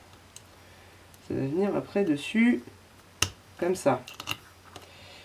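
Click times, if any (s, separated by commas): 4.3 s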